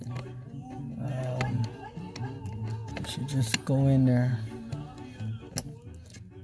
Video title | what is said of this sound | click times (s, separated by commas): 2003 Tahoe Driver Side Blend Door Actuator Replacement | heard the click now push the red pin in I believe | 5.6 s